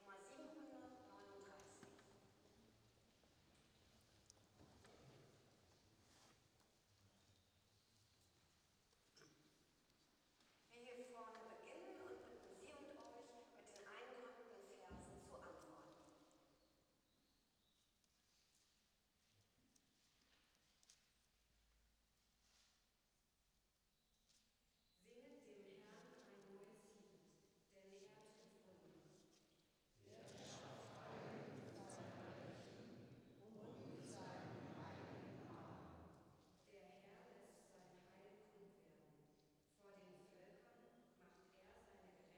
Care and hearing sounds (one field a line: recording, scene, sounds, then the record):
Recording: everyday scene through a hearing-aid microphone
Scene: reverberant space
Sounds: speech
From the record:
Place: church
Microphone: in the ear canal, right